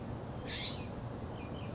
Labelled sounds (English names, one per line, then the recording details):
California Scrub-Jay
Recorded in Sonoma County, California